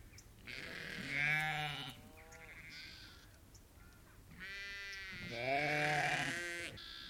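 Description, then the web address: Sheep: lamb bleating: several loud, quavering bleats with quieter calls between them. Lamb bleating on its own, loud bleats. "BBC lamb-bleats-on-own-loud-bleats-cows-and-birds-heard-occassionally-in-background"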